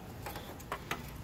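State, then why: Seated. A side marker bulb socket is twisted or pushed into the plastic housing of a Spyder Auto LED light tube projector headlight for a 2011–2014 Charger. After a faint tick at 0.3 s, two sharp clicks land at 0.7 s and 0.9 s as the socket seats in place.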